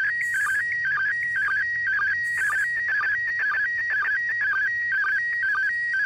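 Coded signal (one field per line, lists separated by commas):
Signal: SSTV (slow-scan television)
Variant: PD120 mode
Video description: Decoding SSTV from the International Space Station on 145.800 MHz PD120 mode.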